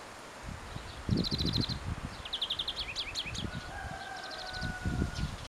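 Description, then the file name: European greenfinch twitters, with quick trilled phrases and short upswept notes, plus a long steady tone in the background and low rustling throughout. "Chloris chloris"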